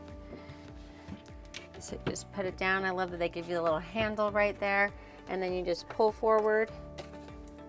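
In a 2021 Winnebago Boldt motorhome dinette, the bench seat is put down and pulled forward by its little handle to extend the bench bed frame into a bed while someone talks. A few faint, quick knocks come around 1.3 to 1.6 seconds, but the clip ends before the frame snaps into its extended position, so nothing has seated yet.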